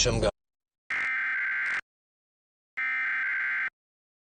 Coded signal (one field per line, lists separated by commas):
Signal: Emergency Alert System (SAME) tones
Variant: header bursts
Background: speech